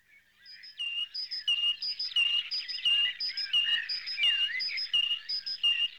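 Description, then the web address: Bird chirping after a quiet start, steady ringing notes mixed with soft warbling twitters. "animali uccelli uccelli birds"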